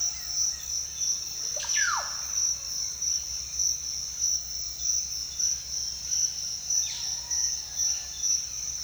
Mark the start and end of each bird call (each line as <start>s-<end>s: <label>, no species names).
1.57s-2.10s: bird call
6.79s-8.18s: bird call